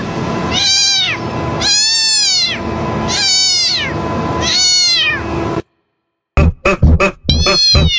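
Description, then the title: Domestic cat giving four long, loud meows about a second apart, then a short silence, several sharp clipped sounds and a shorter meow. Sound meant to provoke a reaction from a pet cat; saved on a mobile phone. "Coloque esse áudio e veja a reação do seu gato"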